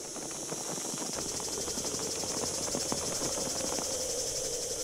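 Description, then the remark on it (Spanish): A dense, continuous insect drone fills the air, a shrill high-pitched buzzing from a swarm of cicadas rushing into the hole left by a tree root, with a steady pulsing texture and no voices. “Todas las chicharras entraban con velocidad al hueco que había dejado la raíz del árbol.”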